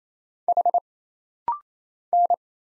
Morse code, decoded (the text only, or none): H N